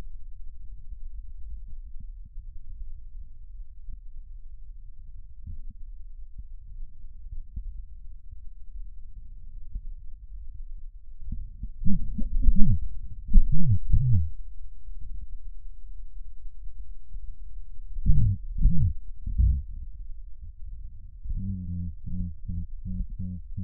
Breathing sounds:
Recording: lung sounds by stethoscope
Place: right posterior apical chest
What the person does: quiet breathing, then cough and speech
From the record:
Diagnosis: none (healthy)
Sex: male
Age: 34 years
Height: 174 cm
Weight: 93 kg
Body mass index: 30.7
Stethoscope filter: bell mode

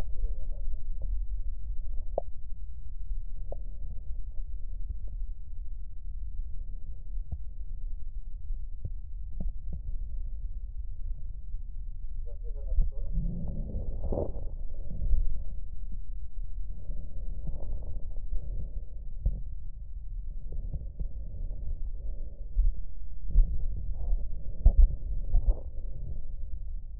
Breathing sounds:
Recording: lung sounds by stethoscope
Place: left posterior basal chest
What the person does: quiet breathing, then deep breathing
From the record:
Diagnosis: pulmonary infection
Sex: male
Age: 74 years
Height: 171 cm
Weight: 80 kg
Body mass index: 27.4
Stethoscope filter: extended mode

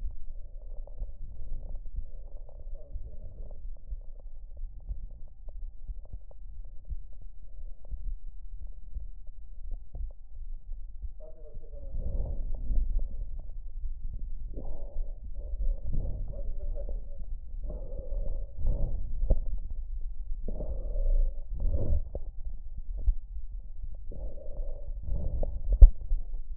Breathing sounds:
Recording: lung sounds by stethoscope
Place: left anterior apical chest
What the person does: quiet breathing, then deep breathing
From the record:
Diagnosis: interstitial lung disease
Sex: male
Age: 82 years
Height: 158 cm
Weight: 49 kg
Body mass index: 19.6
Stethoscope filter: extended mode

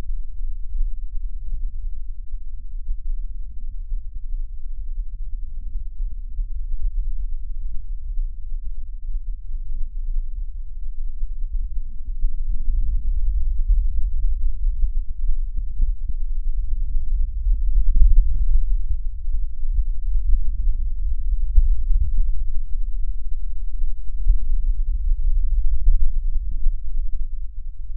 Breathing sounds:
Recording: lung sounds by stethoscope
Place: right posterior basal chest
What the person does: quiet breathing, then deep breathing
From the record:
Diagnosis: COPD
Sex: female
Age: 68 years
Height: 150 cm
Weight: 70 kg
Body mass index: 31.1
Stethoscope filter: bell mode

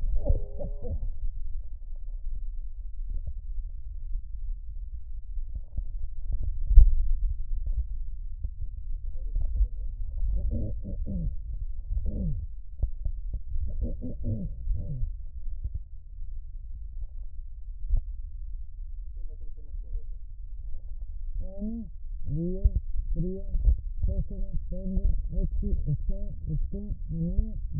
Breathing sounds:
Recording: lung sounds by stethoscope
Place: left anterior apical chest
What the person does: quiet breathing, then cough and speech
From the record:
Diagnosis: pulmonary infection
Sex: female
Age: 74 years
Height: 160 cm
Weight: 66 kg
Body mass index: 25.8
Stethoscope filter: extended mode

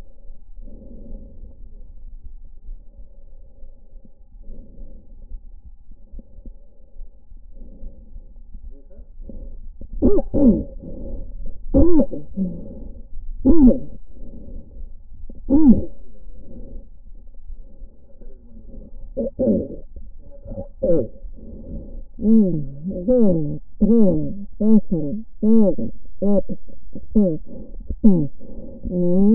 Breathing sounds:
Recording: lung sounds by stethoscope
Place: left anterior apical chest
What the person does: quiet breathing, then cough and speech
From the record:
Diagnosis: interstitial lung disease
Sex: female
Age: 72 years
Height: 153 cm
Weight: 71 kg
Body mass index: 30.3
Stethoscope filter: diaphragm mode

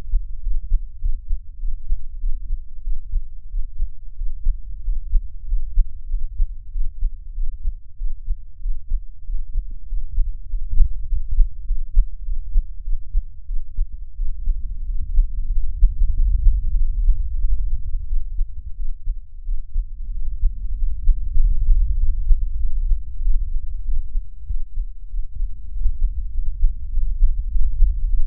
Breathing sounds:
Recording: lung sounds by stethoscope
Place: right anterior apical chest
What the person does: quiet breathing, then deep breathing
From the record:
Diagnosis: none (healthy)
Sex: male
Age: 23 years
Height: 185 cm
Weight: 93 kg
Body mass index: 27.2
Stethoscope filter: bell mode

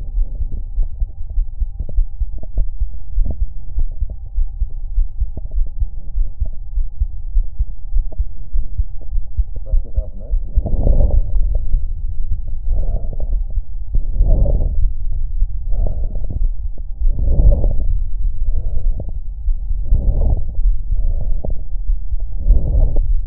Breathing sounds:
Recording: lung sounds by stethoscope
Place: right anterior apical chest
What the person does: quiet breathing, then deep breathing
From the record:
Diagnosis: interstitial lung disease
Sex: female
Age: 70 years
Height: 160 cm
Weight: 93 kg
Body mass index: 36.3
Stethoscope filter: extended mode

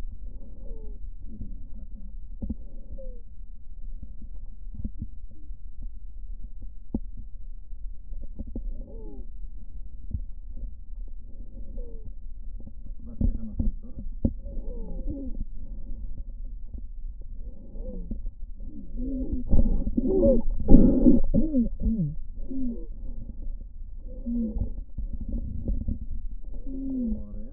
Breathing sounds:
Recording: lung sounds by stethoscope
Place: right anterior apical chest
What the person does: quiet breathing, then deep breathing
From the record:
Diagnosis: asthma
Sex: female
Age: 56 years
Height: 161 cm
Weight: 85 kg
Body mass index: 32.8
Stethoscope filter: diaphragm mode

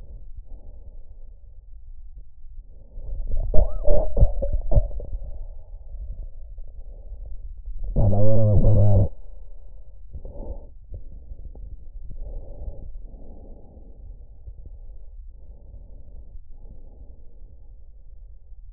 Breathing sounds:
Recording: lung sounds by stethoscope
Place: trachea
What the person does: quiet breathing, then cough and speech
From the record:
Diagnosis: COPD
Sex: male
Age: 81 years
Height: 166 cm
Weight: 98.7 kg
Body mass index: 35.8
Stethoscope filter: extended mode

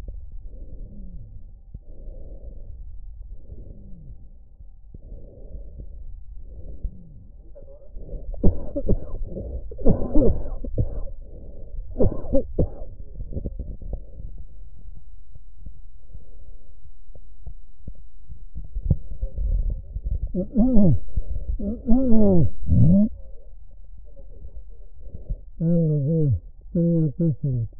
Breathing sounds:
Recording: lung sounds by stethoscope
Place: left anterior apical chest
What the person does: quiet breathing, then cough and speech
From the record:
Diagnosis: COPD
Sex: male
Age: 75 years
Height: 182 cm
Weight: 98 kg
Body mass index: 29.6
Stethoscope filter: extended mode

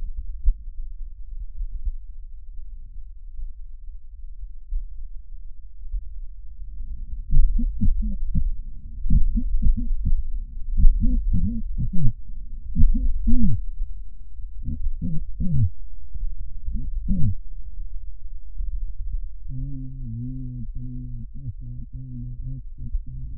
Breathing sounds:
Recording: lung sounds by stethoscope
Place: left posterior apical chest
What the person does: quiet breathing, then cough and speech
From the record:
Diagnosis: pulmonary infection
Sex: male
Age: 86 years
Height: 165 cm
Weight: 65 kg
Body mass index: 23.9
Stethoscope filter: bell mode

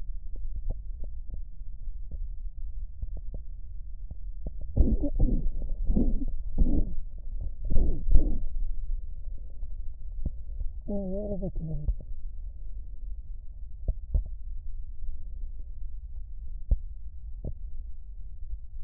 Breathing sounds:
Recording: lung sounds by stethoscope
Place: left posterior basal chest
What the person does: quiet breathing, then cough and speech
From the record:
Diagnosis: asthma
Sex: female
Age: 65 years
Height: 157 cm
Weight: 70.2 kg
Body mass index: 28.5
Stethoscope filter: extended mode

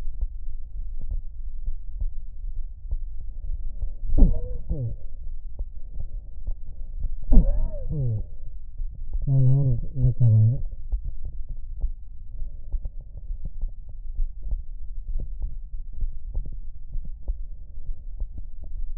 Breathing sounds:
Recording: lung sounds by stethoscope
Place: left anterior apical chest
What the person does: quiet breathing, then cough and speech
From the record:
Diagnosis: COPD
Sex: male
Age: 57 years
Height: 165 cm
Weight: 85.7 kg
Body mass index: 31.5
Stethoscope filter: extended mode

